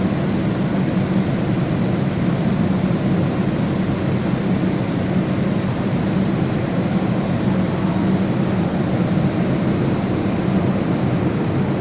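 A subway station vent and escalator produce a steady, unbroken mechanical roar, heaviest in a deep low hum with a softer hiss layered above. The level holds constant throughout, with no distinct events or pauses.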